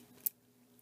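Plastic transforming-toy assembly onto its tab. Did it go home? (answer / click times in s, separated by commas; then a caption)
no / none. A plastic transforming-toy assembly is pushed so its divot lines up with a tab. A brief sharp tick is heard near 0.3 s and a faint one near 0.8 s against a low steady hum. The tab fails to snap into the divot, so nothing has seated or clicked yet.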